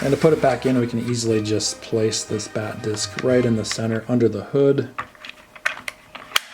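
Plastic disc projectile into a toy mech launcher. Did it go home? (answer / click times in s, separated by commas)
yes / 6.4 s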